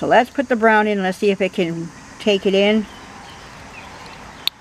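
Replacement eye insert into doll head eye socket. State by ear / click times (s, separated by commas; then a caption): seated / 4.5 s. A replacement brown doll eye insert is pushed into the cleaned-out eye socket of a restored doll head while someone talks. After a quiet pause, a sharp little snap is heard at 4.5 s as the eye seats in the socket.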